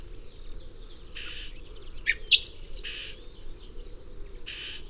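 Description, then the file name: Common blackbird gives a few sharp, bright high notes midway amid buzzy chirps and a continuous low background hum. "Turdus merula"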